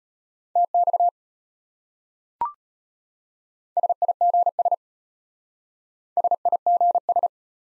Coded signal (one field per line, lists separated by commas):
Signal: Morse code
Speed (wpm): 33 wpm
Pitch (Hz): 700 Hz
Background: none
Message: TX SIGS SIGS